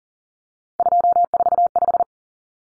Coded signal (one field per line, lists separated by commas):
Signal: Morse code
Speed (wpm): 39 wpm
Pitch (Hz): 700 Hz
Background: none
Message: 245